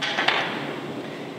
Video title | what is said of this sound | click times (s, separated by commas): JUGGERNAUT ADVANCED 4: Small Wheel Holder | I'm going to switch my half inch wheel with a one inch diameter wheel snaps into place | 0.3 s